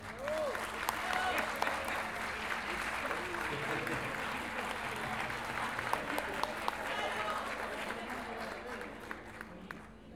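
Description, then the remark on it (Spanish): Dense, steady audience applause for the performers who just finished, at a payadores gathering in Lo Barnechea: a continuous wash of many hands clapping with crowd noise and a few voices mixed in, holding an even loudness throughout. “Un aplauso a los que estuvieron recién.”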